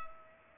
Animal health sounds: mosquito wingbeat signal from an infrared sensor; Culex pipiens

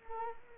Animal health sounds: mosquito wingbeat signal from an infrared sensor; Anopheles arabiensis

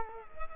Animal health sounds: mosquito wingbeat signal from an infrared sensor; Culex quinquefasciatus

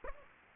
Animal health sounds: mosquito wingbeat signal from an infrared sensor; Aedes aegypti

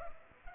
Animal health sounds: mosquito wingbeat signal from an infrared sensor; Culex pipiens

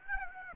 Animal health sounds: mosquito wingbeat signal from an infrared sensor; Aedes aegypti

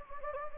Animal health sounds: mosquito wingbeat signal from an infrared sensor; Anopheles gambiae

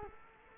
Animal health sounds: mosquito wingbeat signal from an infrared sensor; Culex quinquefasciatus

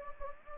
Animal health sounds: mosquito wingbeat signal from an infrared sensor; Anopheles gambiae

